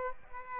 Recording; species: mosquito wingbeat signal from an infrared sensor; Aedes aegypti